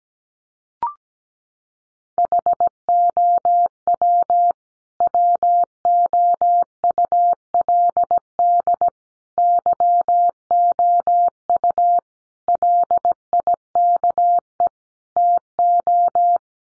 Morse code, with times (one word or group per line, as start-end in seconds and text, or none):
2.2-4.5 HOW
5.0-8.9 WOULD
9.4-12.0 YOU
12.5-14.7 LIKE
15.2-16.4 TO